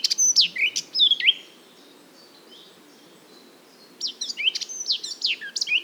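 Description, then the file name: Eurasian blackcap calls and twittering notes, a burst of sharp high chirps and downslurred whistles, a pause of about three seconds, then another busy burst of calls. "Sylvia atricapilla"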